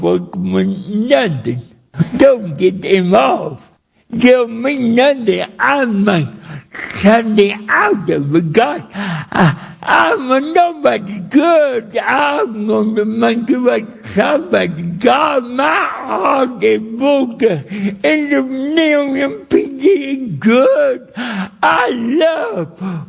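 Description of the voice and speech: An adult man with cerebral palsy preaches at a church in slow, effortful phrases with drawn-out vowels, nasal and distorted consonants, a strained high pitch and wide pitch swings, so many words are hard to make out. This fits dysarthria from cerebral palsy.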